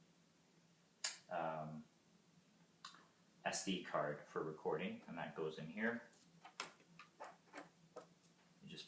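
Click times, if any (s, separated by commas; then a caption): 6.6 s. An SD memory card is pushed into the recording slot of a video laryngoscope monitor while someone talks. Sharp clicks and taps follow, and the card snaps in place at 6.6 s.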